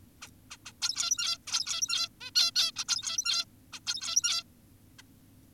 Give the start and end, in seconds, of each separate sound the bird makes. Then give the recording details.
0.22-0.28, 0.51-0.57, 0.66-0.72, 0.82-1.38, 1.47-2.09, 2.21-2.31, 2.36-2.51, 2.56-2.72, 2.76-2.84, 2.88-3.45, 3.73-3.80, 3.87-4.44, 4.99-5.02. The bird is an adult. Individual g17y2U